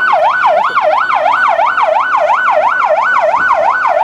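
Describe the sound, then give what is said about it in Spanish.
A loud ambulance siren wails continuously as more ambulances arrive at the scene of a fire in El Alto, sweeping rapidly up and down in a steady yelping rhythm, with a low rumble of traffic underneath. “Llegan más... más ambulancias acá al sector, llegan más ambulancias al sector.”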